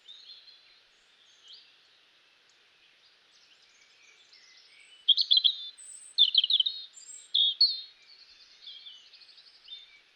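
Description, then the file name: European robin singing: faint high warbling, then from five seconds a burst of rich, rapid trills and thin whistled notes in quick phrases, fading to soft twitters near the end. "Erithacus rubecula"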